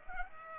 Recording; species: mosquito wingbeat signal from an infrared sensor; Culex pipiens